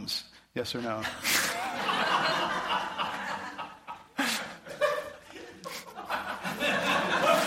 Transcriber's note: laughs